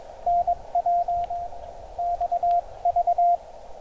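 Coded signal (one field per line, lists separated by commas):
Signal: Morse code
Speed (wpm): 20 wpm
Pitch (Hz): 700 Hz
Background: radio noise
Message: NW XV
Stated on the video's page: QRP end-fed half-wave antenna with 49:1 unun, CW at 6 watts, coast-to-coast contacts under mixed propagation with fading (QSB).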